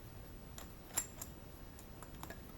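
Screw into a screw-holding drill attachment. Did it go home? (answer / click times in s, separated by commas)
yes / 1.0 s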